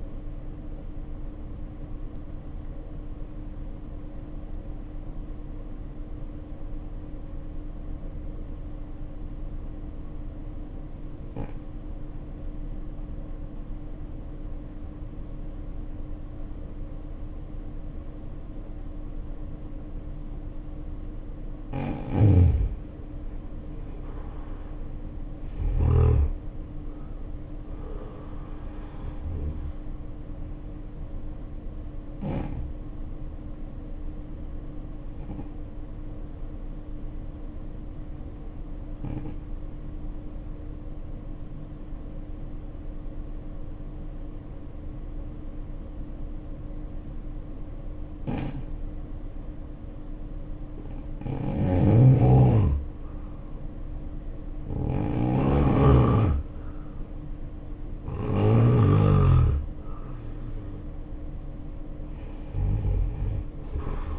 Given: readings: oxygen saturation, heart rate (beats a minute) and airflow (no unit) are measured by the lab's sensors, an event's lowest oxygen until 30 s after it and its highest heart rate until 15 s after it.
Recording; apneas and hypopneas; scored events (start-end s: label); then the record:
breathing in sleep by a smartphone at the bedside; 2
4.00-20.90 s: obstructive apnea (N2, oxygen 95% highest, then 76% lowest, heart rate 56 at the start, 74 highest)
32.00-54.70 s: hypopnea (N2, oxygen 91% highest, then 83% lowest, heart rate 72 at the start, 72 highest)
From the record:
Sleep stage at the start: N2 (light sleep); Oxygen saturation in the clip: 76 to 95%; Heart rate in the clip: 53 to 74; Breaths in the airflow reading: 7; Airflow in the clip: -6.6 to 6.7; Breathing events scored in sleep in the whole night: 520 in 7.2 hours asleep